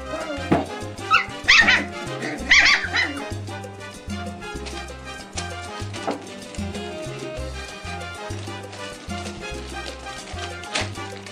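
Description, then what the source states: Dog: puppies giving sharp high yips and squeals in play, several bursts in the first three seconds, then scattered softer sounds. Puppies at play, from a third litter.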